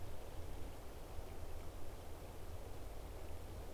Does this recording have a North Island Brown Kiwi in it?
no